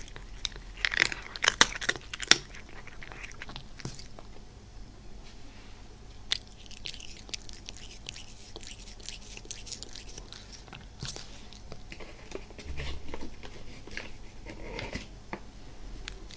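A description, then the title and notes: Cats knead and cuddle over a low, steady purring rumble. A burst of sharp, crunchy crackles fills the first two to three seconds, then softer rustling of fur continues, with scattered clicks around six, eleven and fifteen seconds. ASMR with my cats massaging, purring, cuddling.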